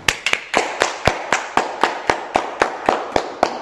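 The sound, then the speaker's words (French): An audience applauding for a sister, clapping together in a steady, even rhythm of sharp, loud claps, roughly four per second, with no voices over them. “Applaudissons pour la sœur.”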